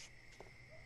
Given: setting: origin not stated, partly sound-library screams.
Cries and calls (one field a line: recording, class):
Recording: one-second piece from a danger detection set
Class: normal situation